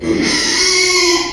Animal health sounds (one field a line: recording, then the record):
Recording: squeal of a Yucatan mini pig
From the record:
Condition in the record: after surgery on the right vocal fold (resection and tissue-engineered implant)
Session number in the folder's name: 2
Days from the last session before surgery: 13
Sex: male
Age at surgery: 12 weeks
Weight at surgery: 13 kg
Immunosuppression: cyclosporine, prednisolone